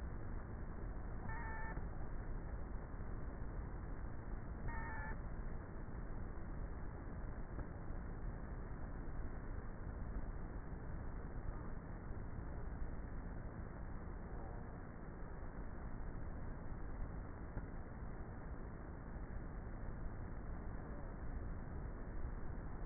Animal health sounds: honeybee colony, microphone inside the hive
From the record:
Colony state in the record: queenless with a low population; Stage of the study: before two queens were removed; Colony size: about 30,000 bees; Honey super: no

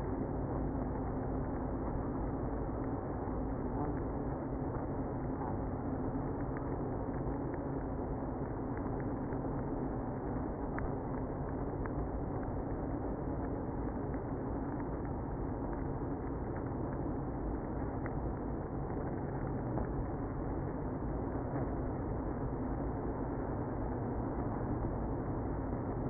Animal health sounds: honeybee colony, microphone inside the hive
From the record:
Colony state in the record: queenless (queen removed); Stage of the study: after two queens were removed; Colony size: about 60,000 bees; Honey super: yes

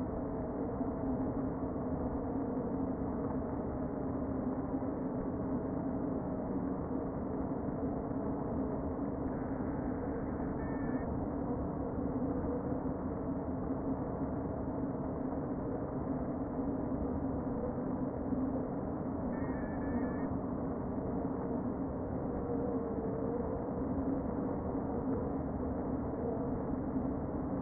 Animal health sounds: honeybee colony, microphone inside the hive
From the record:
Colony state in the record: queen present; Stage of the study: before two queens were removed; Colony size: about 60,000 bees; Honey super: yes

